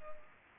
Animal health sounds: mosquito wingbeat signal from an infrared sensor; Culex pipiens

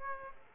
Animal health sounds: mosquito wingbeat signal from an infrared sensor; Aedes aegypti

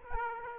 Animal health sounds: mosquito wingbeat signal from an infrared sensor; Aedes aegypti

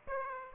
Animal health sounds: mosquito wingbeat signal from an infrared sensor; Aedes aegypti

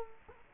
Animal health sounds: mosquito wingbeat signal from an infrared sensor; Culex quinquefasciatus

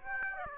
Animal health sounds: mosquito wingbeat signal from an infrared sensor; Aedes aegypti

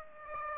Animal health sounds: mosquito wingbeat signal from an infrared sensor; Aedes aegypti

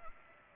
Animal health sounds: mosquito wingbeat signal from an infrared sensor; Culex pipiens

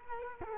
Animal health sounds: mosquito wingbeat signal from an infrared sensor; Culex quinquefasciatus

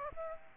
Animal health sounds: mosquito wingbeat signal from an infrared sensor; Aedes aegypti

